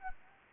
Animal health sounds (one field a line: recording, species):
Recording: mosquito wingbeat signal from an infrared sensor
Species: Anopheles gambiae